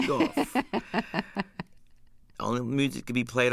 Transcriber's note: laughter